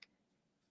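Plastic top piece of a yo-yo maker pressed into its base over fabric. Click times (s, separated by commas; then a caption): 0.0 s. The plastic top piece of a yo-yo maker is pressed into its plastic base with fabric laid over it. It pops into place with one short, sharp pop at 0.0 s, followed by quiet. The top is seated in the base.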